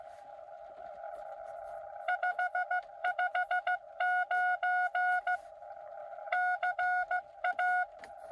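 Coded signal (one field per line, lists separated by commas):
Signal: Morse code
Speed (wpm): 15 wpm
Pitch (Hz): 2200 Hz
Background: none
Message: 559 CA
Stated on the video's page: Cootie (sideswiper) keyed POTA activation in rain, Xiegu X6100 at 5 watts into 20M and 40M hamsticks; park-to-park contacts included.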